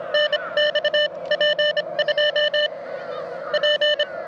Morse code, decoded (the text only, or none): NX P2P